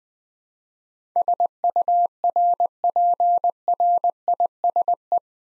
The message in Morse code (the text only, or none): SURPRISE